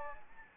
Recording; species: mosquito wingbeat signal from an infrared sensor; Anopheles gambiae